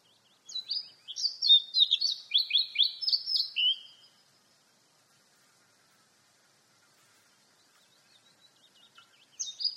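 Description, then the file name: Eurasian blackcap song: a rapid warbled phrase of sliding whistles stepping downward, lasting over three seconds, followed by quiet with faint chirps before another phrase starts. "Sylvia atricapilla"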